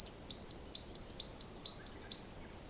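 Bird giving a rapid series of high two-part chirps, a sharp upper note and a lower sliding one, repeated several times about every half second, then quiet.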